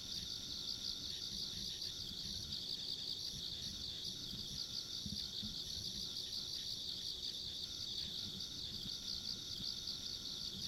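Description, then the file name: Insects keep up an unbroken pulsing chirr alongside a faint high whine, with low rumbling noise underneath. Ambient insect sounds recorded along a rural country road. "田舎道の虫の環境音"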